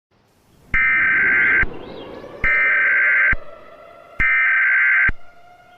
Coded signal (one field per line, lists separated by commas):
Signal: Emergency Alert System (SAME) tones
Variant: header bursts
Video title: EAS Scenario - ???(REMASTERED)